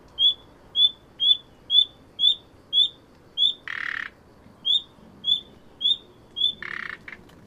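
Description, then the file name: Common nightingale giving steady whistled notes about every half second, interrupted twice by a grating, buzzy burst. "Luscinia megarhynchos"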